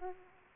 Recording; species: mosquito wingbeat signal from an infrared sensor; Aedes aegypti